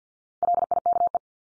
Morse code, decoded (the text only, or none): LIKE